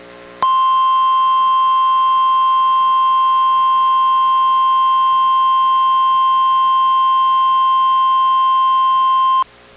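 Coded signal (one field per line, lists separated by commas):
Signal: Emergency Alert System (SAME) tones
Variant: 1050 Hz attention tone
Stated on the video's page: Required weekly test relayed by NOAA weather radio station, recorded from a Reecom R-1630 weather radio through a Zoom H1 recorder.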